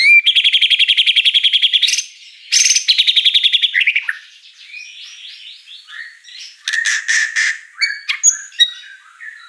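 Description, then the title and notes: White-rumped shama song beginning with two long fast buzzy rattles, followed by softer warbled notes and a harsh noisy burst with sharp whistles. Lure song (pancingan) of an actively singing (gacor) white-rumped shama (Murai Batu), with a rich repertoire of fill phrases (isian mewah). "Pancingan Gacor Murai Batu Bongkar Isian Mewah. Audio Murai Batu Dongfeng"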